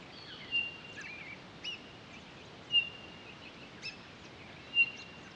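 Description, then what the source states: Townsend's solitaire calls as three pure, flat whistles about two seconds apart, between softer chirps and chips. Recorded 23 October 2011.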